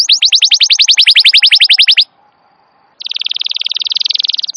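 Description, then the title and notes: Atlantic canary song: a fast run of sharp, downward-sweeping notes for two seconds, a brief silence, then a rapid, buzzy rolling trill. Canary singing vigorously in a long song, a master recording for training canaries and for luring wild canaries. "Pikat Kenari GACOR PANJANG INI Cocok Untuk Masteran KENARI LIAR. Masteran burung kenari gacor parah"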